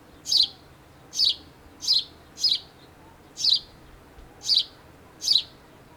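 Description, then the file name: House sparrow giving seven clear chirps at an even pace, about one every three quarters of a second, nothing else prominent. "Passer domesticus"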